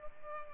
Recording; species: mosquito wingbeat signal from an infrared sensor; Culex pipiens